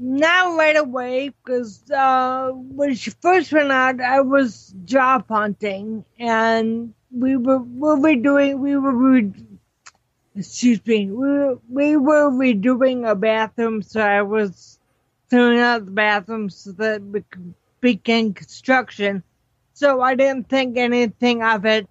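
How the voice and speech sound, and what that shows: An adult woman speaks slowly in fairly even, flat-pitched phrases with drawn-out sounds, frequent pauses, restarts and repeated words. This fits ataxic dysarthria from cerebellar ataxia, a condition that causes muscular and speech problems.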